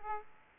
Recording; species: mosquito wingbeat signal from an infrared sensor; Aedes aegypti